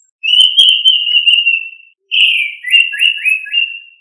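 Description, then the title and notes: Bird singing a long steady whistle, then after a pause a brighter phrase sliding down into quick descending trilled notes. Birds singing, Indonesia. "Kumpulan Kicau Burung Indonesia"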